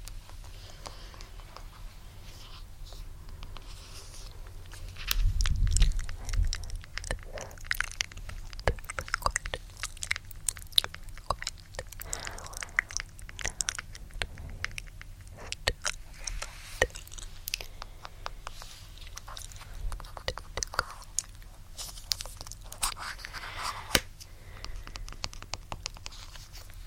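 Gentle tapping and soft mouth sounds play: dense, irregular clicks and smacks scattered throughout, with brief breathy bursts. A fuller, louder cluster lands around five to six seconds, over a faint steady low hum.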